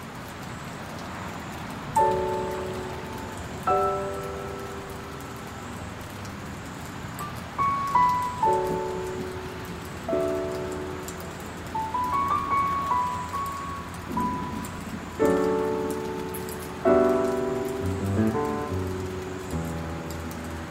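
Soft piano music plays over a steady hiss of rain. Slow chords and short melodic runs arrive every second or two, picking up between about 12 and 18 seconds. The rain keeps a constant, even wash underneath throughout.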